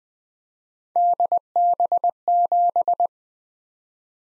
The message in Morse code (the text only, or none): DB7